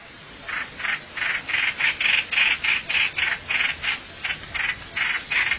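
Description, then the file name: Hoành hoạch bird uttering a series of hoarse, scraping calls, roughly three each second, fairly even in loudness throughout. "tieng chim hoanh hoach"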